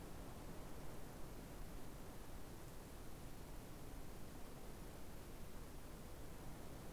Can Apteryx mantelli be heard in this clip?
no